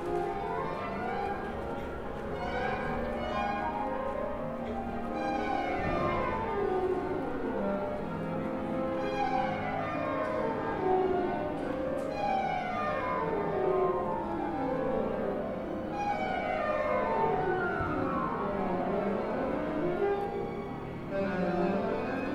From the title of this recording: Musical cacophony pouring through the open windows of practice rooms, London, UK